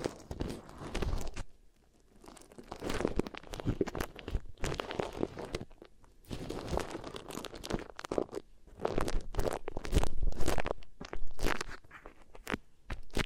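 Beeswax ear triggers: dense bursts of sticky crunching and crinkling come in uneven waves, with short quiet gaps near two and six seconds.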